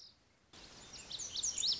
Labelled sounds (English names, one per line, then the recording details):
Lazuli Bunting
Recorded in Sonoma County, California